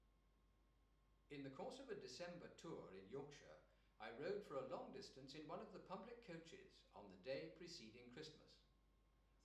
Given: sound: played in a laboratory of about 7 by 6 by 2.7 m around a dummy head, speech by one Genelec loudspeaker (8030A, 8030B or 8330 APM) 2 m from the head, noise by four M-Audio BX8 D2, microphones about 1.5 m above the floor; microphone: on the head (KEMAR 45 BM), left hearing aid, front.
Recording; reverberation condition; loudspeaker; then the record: male speech in English; medium; 120 degrees to the left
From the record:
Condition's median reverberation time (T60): about 510 ms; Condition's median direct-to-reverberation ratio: about -0.5 dB